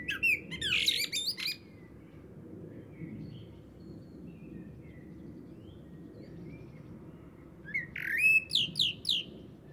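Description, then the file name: Common blackbird song: a fluty phrase closing in thin twitters, a long pause with faint background notes, then another whistled, twittering phrase. "Turdus merula"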